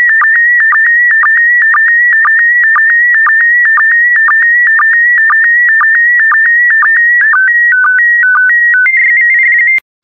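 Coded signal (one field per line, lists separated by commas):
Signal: SSTV (slow-scan television)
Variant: PD120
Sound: steady high warbling tone with rapid regular lower blips, then stepped tone changes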